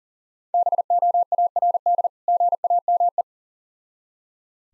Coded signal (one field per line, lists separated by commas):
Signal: Morse code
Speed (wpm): 37 wpm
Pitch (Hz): 700 Hz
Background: none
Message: BOARD GAME